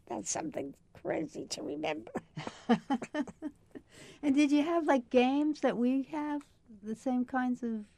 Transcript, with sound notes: that's something crazy to remember! [Laughs]
And did you have like games, that we have, the same kinds of--?